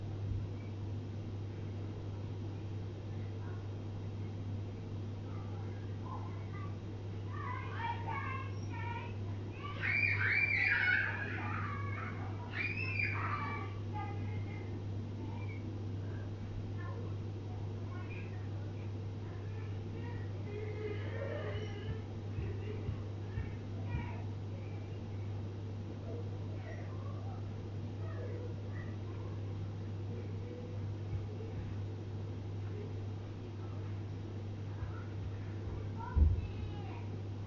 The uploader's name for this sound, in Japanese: 生活音